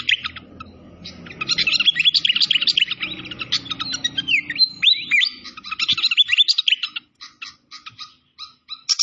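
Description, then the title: Malaysian pied fantail song: rapid, varied high chirps and squeaky rising whistles in a dense stream, thinning to separate clicks near the end, over a low watery rumble. Masteran training recording of clear-voiced song combined with the sound of gurgling flowing water. "Masteran Sikatan Kipas Suara Jernih Dan Suara Gemericik Air"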